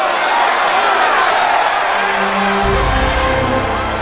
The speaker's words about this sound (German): Das Volk jubelte ihm zu und erkannte ihn als neuen König an.